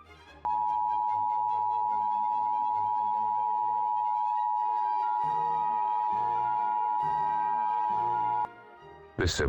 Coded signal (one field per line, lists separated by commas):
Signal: Emergency Alert System (SAME) tones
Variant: 853 and 960 Hz attention tone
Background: speech, music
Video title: CAE - NO EAS - AMBER ALERT